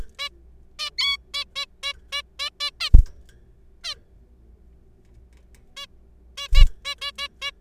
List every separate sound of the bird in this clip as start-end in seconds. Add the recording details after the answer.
0.19-0.29, 0.79-0.90, 0.98-1.17, 1.34-1.44, 1.56-1.66, 1.83-1.93, 2.12-2.22, 2.40-2.49, 2.60-2.71, 2.80-2.90, 3.84-3.94, 5.77-5.86, 6.37-6.48, 6.54-6.64, 6.85-6.95, 7.01-7.12, 7.18-7.28, 7.41-7.51. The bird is a juvenile. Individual R3428